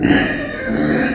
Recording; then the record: squeal of a Yucatan mini pig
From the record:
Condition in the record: before surgery on the right vocal fold (resection and tissue-engineered implant); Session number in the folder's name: 3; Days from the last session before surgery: 0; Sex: female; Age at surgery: 19 weeks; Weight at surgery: 25 kg